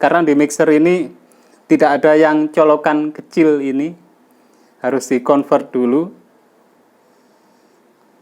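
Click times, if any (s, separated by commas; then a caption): none. Someone talks in bursts through about 6 seconds, then only faint low background noise remains to the end. The small 3.5 mm plug of a Boya BY-M1 lavalier microphone is being handled for pushing into a converter adapter, because the mixer has no input for the small jack. Nothing has seated or clicked yet.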